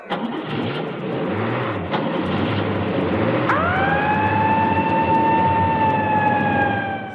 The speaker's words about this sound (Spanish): Bueno, ahí está las sirenas que nos dice esto, represión policial, descontrolados